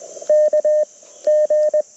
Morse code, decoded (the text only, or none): KG